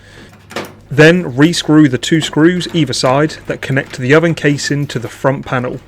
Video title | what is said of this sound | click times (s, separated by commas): How to Replace a Hotpoint Oven Neon Light Lamp Lens Cover | Then reconnect the wiring by pushing up. You'll hear a noticeable click once it's correctly in place. | 0.5 s